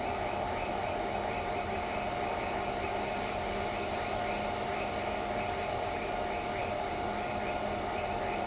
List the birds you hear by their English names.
none